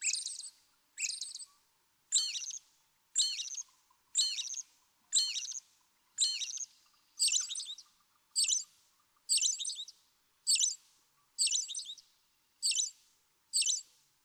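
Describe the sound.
American robin singing a steady run of brief, clear caroling phrases in regular succession.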